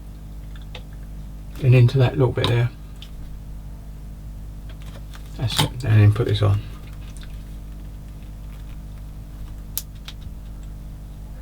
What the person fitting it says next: and it's gone into place you heard a little click there